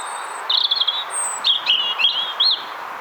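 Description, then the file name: European robin song, a high sweet phrase of thin whistles and rapid warbling trills rising and falling, with a faint high note before it. "Erithacus rubecula"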